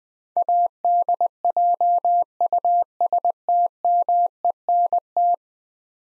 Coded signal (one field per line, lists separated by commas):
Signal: Morse code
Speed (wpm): 20 wpm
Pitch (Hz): 700 Hz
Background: none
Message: ADJUSTMENT